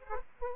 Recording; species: mosquito wingbeat signal from an infrared sensor; Aedes aegypti